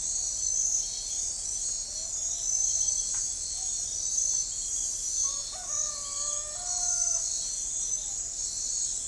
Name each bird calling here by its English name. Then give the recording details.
none. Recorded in forest near Pivijay, Magdalena, Colombia, on 2 June 2023 at 02:30. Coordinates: 10.467, -74.380. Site Z5-G034